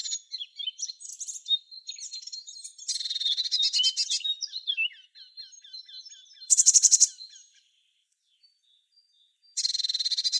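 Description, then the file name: Eurasian blue tit calls, a busy run of high thin notes, buzzy churring bursts and soft descending ticks, then a short pause before another harsh burst. "Cyanistes caeruleus"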